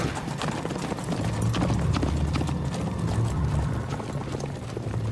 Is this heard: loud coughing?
no